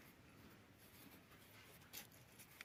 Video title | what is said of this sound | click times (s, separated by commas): Заміна витискного підшипника FIAT Doblo 223, частина друга - встановлення МКПП | клац Ну і перевіряємо | 2.6 s